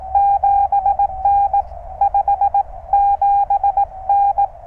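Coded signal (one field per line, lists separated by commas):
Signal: Morse code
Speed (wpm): 18 wpm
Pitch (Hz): 800 Hz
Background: none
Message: 7N 5 7N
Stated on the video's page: QRP CW POTA park activation working DX with a speaker wire antenna tuned by a ZM-2 tuner.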